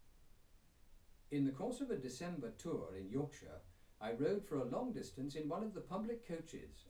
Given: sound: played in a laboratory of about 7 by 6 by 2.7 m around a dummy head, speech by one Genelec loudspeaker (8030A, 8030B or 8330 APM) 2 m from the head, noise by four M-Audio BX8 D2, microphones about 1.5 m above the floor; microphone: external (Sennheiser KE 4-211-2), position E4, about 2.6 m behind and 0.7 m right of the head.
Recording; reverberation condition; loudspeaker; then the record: male speech in English; low; 30 degrees to the right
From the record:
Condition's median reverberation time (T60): about 310 ms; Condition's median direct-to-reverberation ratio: about 3.5 dB